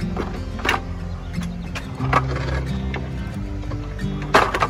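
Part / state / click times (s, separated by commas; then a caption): rowing machine monorail into front leg/body / seated / 4.6 s. A rowing machine's monorail is pushed into its front leg and main body during assembly, with music playing in the background. The rail clicks into place with sharp clicks at 4.5 s and 4.6 s, seating it securely.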